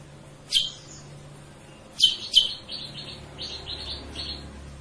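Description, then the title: Sooty-headed bulbul calls: a few sharp descending chips, then a quicker run of soft high notes fading out. Masteran: a training recording used to teach cage birds; also described as a lure sound. "Masteran Kutilang Sutra. suara pancingan kutilang sutra"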